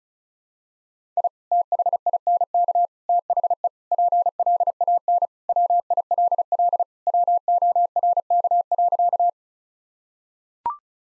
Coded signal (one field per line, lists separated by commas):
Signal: Morse code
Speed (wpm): 36 wpm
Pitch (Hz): 700 Hz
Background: none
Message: I THINK THE PLAN WILL WORK.